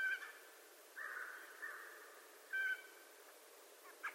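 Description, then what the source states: American crow giving several harsh caws of varied length, some short and clipped, one longer and drawn out, with quiet pauses between. Recorded 25 November 2011.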